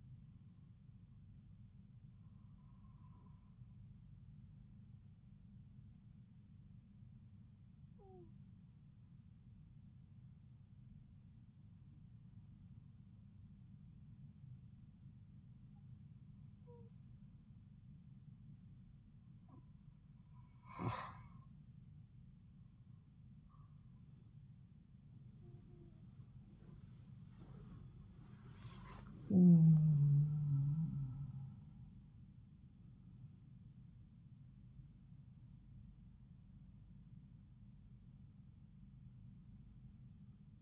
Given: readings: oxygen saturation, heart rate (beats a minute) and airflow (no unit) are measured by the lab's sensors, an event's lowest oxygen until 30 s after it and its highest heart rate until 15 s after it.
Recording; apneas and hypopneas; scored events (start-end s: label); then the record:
breathing in sleep by a smartphone at the bedside; 1
10.00-28.20 s: hypopnea (N2, oxygen 95% highest, then 91% lowest)
28.00-40.61 s: new sleep stage, N1 (lightest sleep)
From the record:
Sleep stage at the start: N2 (light sleep); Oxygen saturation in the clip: 92 to 95%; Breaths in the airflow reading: 8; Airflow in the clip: -8.3 to 9.0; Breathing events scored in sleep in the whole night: 270 in 6.1 hours asleep